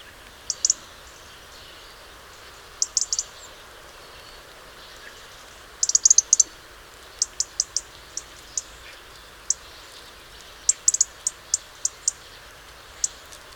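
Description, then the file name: European robin calls: very high, sharp, clipped notes, scattered singly and in quick bursts of three or four, with short gaps of quiet between them. "Erithacus rubecula"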